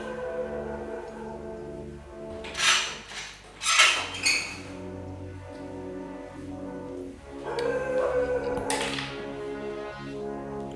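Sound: door being opened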